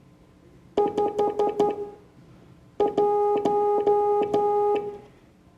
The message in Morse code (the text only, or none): 51